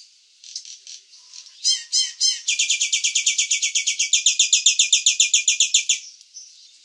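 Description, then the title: Nias hill myna calls, a few soft notes and two loud squeaky hooks, then a long fast run of evenly repeated buzzy notes. "burung jalak nias"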